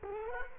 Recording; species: mosquito wingbeat signal from an infrared sensor; Culex quinquefasciatus